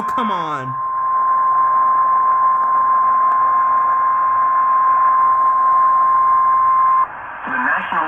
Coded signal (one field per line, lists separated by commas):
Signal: Emergency Alert System (SAME) tones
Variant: 1050 Hz attention tone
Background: speech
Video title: Severe T-Storm Warning for Nashville, TN | EAS #112